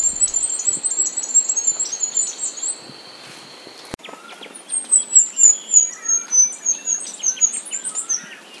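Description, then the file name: Bluish flowerpiercer song, a high, thin, jittery twitter, then after a click a fast descending string of sharp tinny notes with quieter lower chips. "Canto do diglosa azul"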